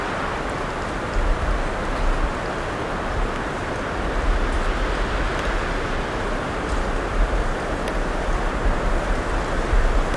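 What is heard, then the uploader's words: Wind blows steadily through a forest, a dense, unbroken roar weighted toward the low end with a deep rumble underneath. The level swells only slightly from moment to moment, and a few faint, brief ticks sound high above the rushing air. Wind Blowing in a European Primeval Forest.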